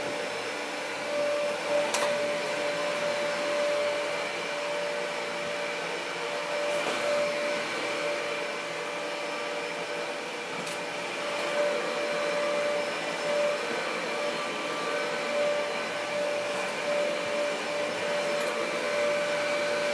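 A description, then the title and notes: A vacuum cleaner runs steadily, filling the room with a dense, even whine and a clear high tone that holds throughout. Brief scraping clicks break through around two, seven, eleven and seventeen seconds, likely the nozzle bumping across the floor. ASMR Running the Vacuum.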